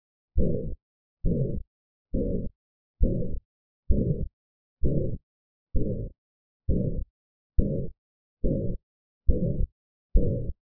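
Heart heard by stethoscope with a ventricular septal defect (VSD) murmur: a harsh, low-pitched murmur occupying each beat, at about 68 beats per minute.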